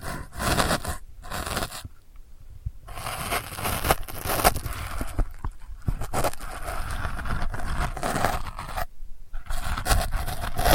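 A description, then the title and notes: Scratching sounds come in dense, gritty strokes, a rough scraping texture that runs from low rumble up to bright hiss. Brief silent breaks fall near one, two, six and nine seconds, with the longest around two seconds; otherwise the scratching is nearly continuous and uneven. ASMR Delicate Scratching for Sleep (No Talking).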